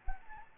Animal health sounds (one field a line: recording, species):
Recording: mosquito wingbeat signal from an infrared sensor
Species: Anopheles gambiae